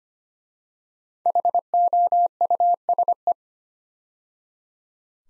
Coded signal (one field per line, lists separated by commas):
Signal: Morse code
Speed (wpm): 25 wpm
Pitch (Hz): 700 Hz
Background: none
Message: HOUSE